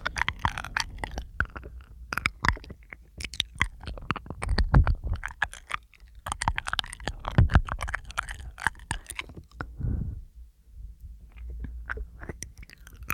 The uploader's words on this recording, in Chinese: 口腔音+呼吸，asmr。